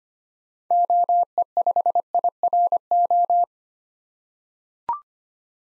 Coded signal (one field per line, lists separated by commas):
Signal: Morse code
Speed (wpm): 25 wpm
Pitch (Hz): 700 Hz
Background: none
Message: OE5IRO